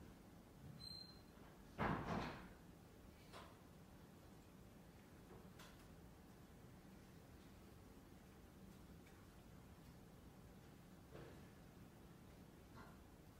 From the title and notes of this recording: Glasgow library. (university of glasgow).